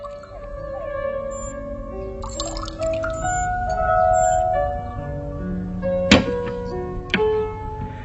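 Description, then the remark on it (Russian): Liquid glugs steadily into small shot glasses, its pitch climbing as they fill, and two sharp glassy clinks ring out near the end; the drinks are then drunk. No voices. “Григорий Иванович наливает рюмки, они выпивают.”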